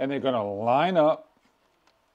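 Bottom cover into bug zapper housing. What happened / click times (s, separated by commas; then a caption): The cover is being lined up but has not locked in yet / none. The plastic bottom cover of a rechargeable bug zapper is lined up with three notches on the housing, ready to be twisted until it locks. Someone talks for about the first 1.2 seconds, followed by near silence with a faint brief tick around 1.9 s. Nothing has seated or clicked yet.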